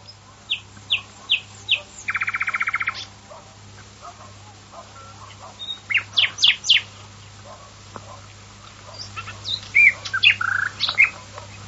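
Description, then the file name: Common nightingale song: spaced repeated notes, a rapid dry rattle, then varied loud chirps and whistles. "usignolo"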